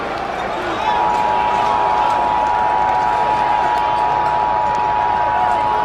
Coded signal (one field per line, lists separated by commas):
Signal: Emergency Alert System (SAME) tones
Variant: 853 and 960 Hz attention tone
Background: speech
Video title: EAS - Olive Garden Riots